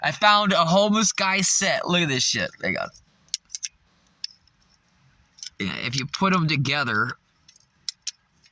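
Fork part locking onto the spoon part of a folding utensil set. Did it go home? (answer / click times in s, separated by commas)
yes / 7.9 s, 8.1 s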